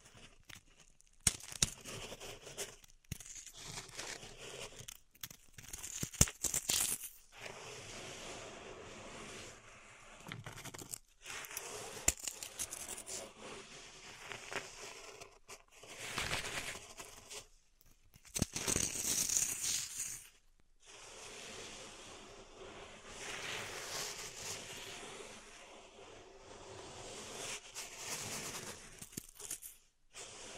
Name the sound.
Pink Salt Zen Garden Triggers